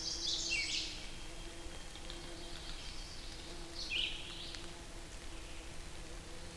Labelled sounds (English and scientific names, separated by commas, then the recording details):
Red-eyed Vireo (Vireo olivaceus) song
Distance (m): 30 m
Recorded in boreal forest in Alberta, Canada, on 8 June 2016 at 08:44
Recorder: SongMeter 3, array SBT-3-9
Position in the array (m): 35 m, 112 m